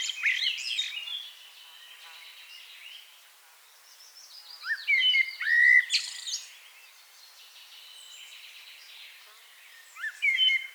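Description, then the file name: Common blackbird delivering separate rich warbled phrases with twittery endings, spaced several seconds apart. "Turdus merula"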